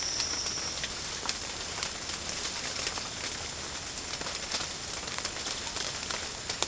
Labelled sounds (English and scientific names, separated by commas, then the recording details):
none
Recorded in pastures near Puerto Asís, Putumayo, Colombia, on 30 June 2025 at 13:00
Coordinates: 0.496, -76.326
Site GP01